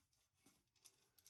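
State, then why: Not seated. A new rubber gasket is worked by hand under the lip on the bottom of a plastic toilet flush-valve canister, all the way around. Soft rubbing and handling noises are heard, with a few light, crisp ticks near 0.5, 0.9, 1.2 and 1.3 seconds. The gasket has not snapped into place yet, and nothing has seated.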